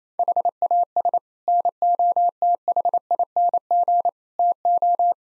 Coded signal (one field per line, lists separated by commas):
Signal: Morse code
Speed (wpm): 28 wpm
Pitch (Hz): 700 Hz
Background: none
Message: HAS NOTHING TO